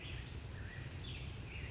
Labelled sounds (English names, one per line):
California Quail